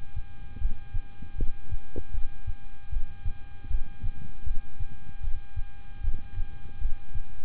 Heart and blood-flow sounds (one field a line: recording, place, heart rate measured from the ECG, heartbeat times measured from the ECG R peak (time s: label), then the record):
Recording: heart sounds by stethoscope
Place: between the tricuspid and mitral areas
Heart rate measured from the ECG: 77 bpm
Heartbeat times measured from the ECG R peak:
0.58 s: heartbeat
1.35 s: heartbeat
2.11 s: heartbeat
2.89 s: heartbeat
3.67 s: heartbeat
4.43 s: heartbeat
5.20 s: heartbeat
6.01 s: heartbeat
6.78 s: heartbeat
From the record:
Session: rest, lying down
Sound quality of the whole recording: good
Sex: male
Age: 26 years